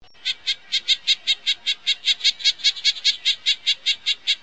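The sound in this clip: Red-breasted nuthatch calling: a steady, evenly spaced run of short nasal notes continuing throughout.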